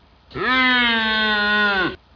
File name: C elaphus hispanicus